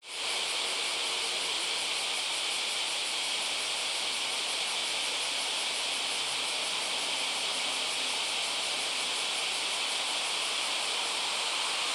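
Cicada drone that starts abruptly and then holds as a constant high, sizzling buzz with a faint flutter, no pauses.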